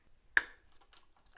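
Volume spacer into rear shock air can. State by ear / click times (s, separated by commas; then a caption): seated / 0.4 s. A volume spacer (token) is pushed into the air can of a mountain bike rear shock and clicked down into place. A single sharp click is heard at 0.4 s, followed by faint small handling noises. The spacer is seated properly.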